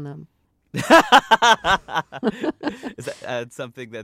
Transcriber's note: laughter